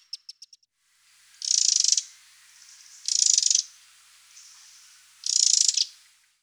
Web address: sons oiseaux troglodyte mignon